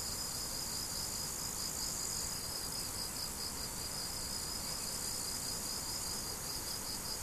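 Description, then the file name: Crickets chirping in a steady pulsed rhythm, about two or three times a second, over a higher continuous insect hiss. Crickets recorded 17 July 2012 with an MZ-N710 recorder. "mz-n 710 grillons 17 07 2012"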